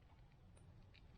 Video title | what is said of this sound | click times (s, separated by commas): Emax Babyhawk R pro Racing drone - VTX Upgraded! WOW | nice gentle push until she goes click | 1.0 s